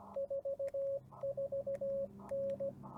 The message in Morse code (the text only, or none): 44N